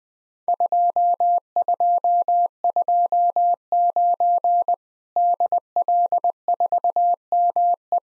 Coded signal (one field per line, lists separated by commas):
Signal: Morse code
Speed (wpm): 20 wpm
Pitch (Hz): 700 Hz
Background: none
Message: 2229 DL4ME